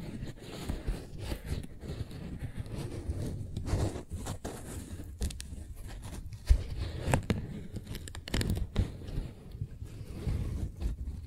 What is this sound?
Tingly Flower Sounds